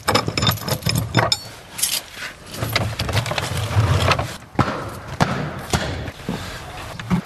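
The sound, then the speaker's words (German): Keys jingle and a lock clicks and scrapes as the door to the 'Russenküche' (Russian kitchen) building at a former Soviet prisoner-of-war camp memorial is unlocked, with several sharp metallic clacks and a few dull thuds over a low rumbling hum. “schließt die Tür zur Russenküche auf.”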